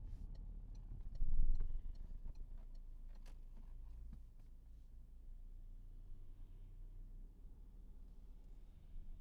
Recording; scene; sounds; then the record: everyday scene through a hearing-aid microphone; in a vehicle; engine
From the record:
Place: Berlingo II, diesel engine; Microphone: behind the ear, right, rear